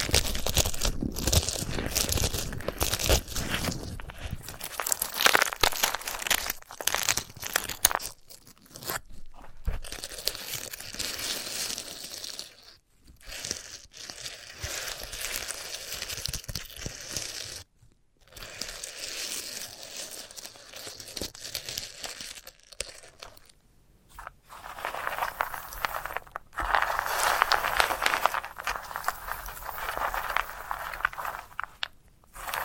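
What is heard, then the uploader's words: Dry crackling, rustling and crinkling from a sunflower head being handled, with dense bursts of scratchy, bright texture. Sharp silent gaps break the activity around 9, 13, 18, 24 and 32 seconds. Near 27 seconds a thicker, louder rasping swell stands out. ASMR of a Sunflower Head (No Talking).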